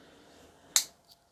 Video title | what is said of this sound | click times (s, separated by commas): EDC / knife sharpening | As you can hear the click, | 0.8 s